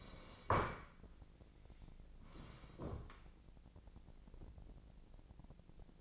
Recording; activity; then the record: daily activity, microphone in the room; sit down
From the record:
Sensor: 5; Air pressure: 1012.4 hPa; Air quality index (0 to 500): 158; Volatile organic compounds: 2 ppm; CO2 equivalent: 1080 ppm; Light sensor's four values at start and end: 270/643/276/307 and 272/648/278/309